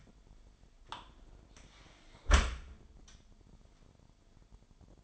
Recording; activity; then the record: daily activity, microphone in the room; close dishwasher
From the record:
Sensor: 5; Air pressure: 998.3 hPa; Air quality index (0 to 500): 86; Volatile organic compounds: 1 ppm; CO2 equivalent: 973 ppm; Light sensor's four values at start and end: 20/47/19/22 and 20/47/19/22